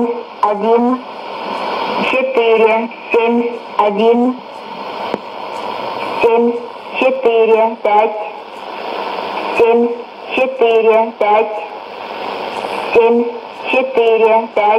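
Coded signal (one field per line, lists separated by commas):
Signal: numbers station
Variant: S06s, Russian female voice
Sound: a female voice reading short words at a steady pace over radio hiss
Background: radio static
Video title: 19 04 2017 Numbers station S06s Russian Lady in Russian to Eu 0830 on 9082, 9255, 11530 unknown tx s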